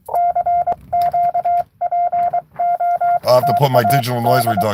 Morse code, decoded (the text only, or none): CQ POTA D